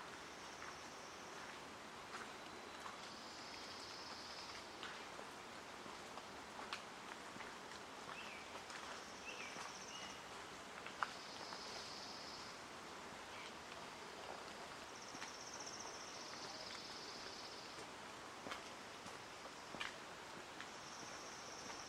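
Outdoor ambience at Hoyt Arboretum in Portland, Oregon: a steady, dense patter like rain or dripping water fills the recording, with scattered sharper taps. High, thin buzzing tones recur every few seconds, each lasting a second or two, over the constant hiss.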